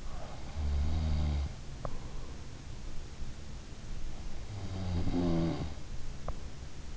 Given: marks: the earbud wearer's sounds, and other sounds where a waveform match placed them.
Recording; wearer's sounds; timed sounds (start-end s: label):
sounds in sleep by an in-ear microphone; snoring breath
0.00-2.28 s: snoring breath
3.82-6.62 s: snoring breath